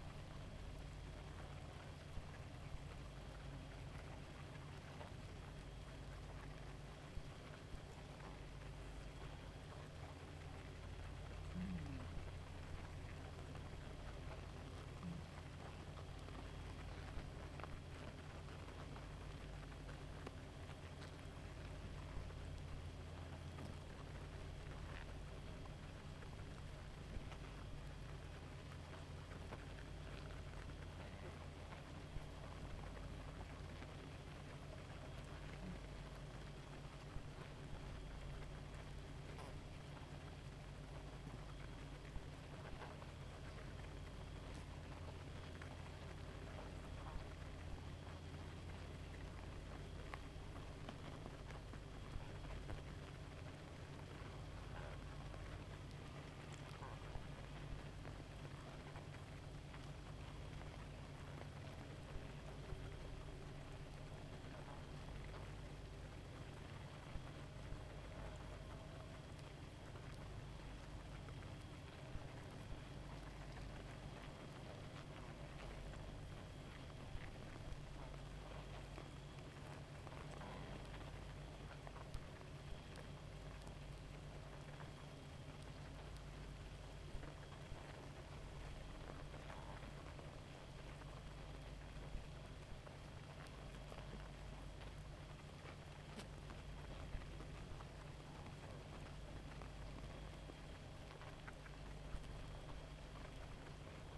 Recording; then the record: honeybee colony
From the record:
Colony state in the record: active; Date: 28 July 2017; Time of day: 0:57